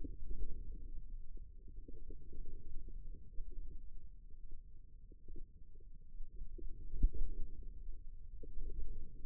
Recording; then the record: forearm muscle sounds (acoustic myography)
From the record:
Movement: radial deviation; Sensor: system 2, bracelet of six BSWA MPA416 microphones around the upper forearm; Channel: 3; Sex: female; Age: 25 years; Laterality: right